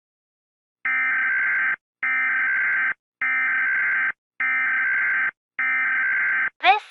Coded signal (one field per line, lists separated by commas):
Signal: Emergency Alert System (SAME) tones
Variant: header bursts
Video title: World war Heaven( EAS Scenario)